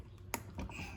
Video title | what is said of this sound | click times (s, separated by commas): DIY switching from 30cc to 50cc pumps on a holley ultra xp Carburetor.... | Snaps right in. So we're good there. | 0.3 s